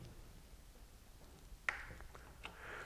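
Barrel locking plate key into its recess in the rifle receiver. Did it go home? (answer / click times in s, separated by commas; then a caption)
yes / 1.7 s. After the 9mm conversion barrel is pressed into place in an IWI Tavor rifle and turned to lock, the metal locking plate key pops into its slot in the recess of the receiver with one sharp click at 1.7 s. Fainter ticks follow at about 2.0, 2.2 and 2.5 s. The plate is seated, and a check of the rifle confirms it is locked and flat.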